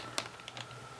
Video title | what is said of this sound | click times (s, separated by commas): How To Build A BUDGET Cardano Stake Pool - Crypto PC Server For Less Than $400! | so that's one down I heard it click into place | 0.2 s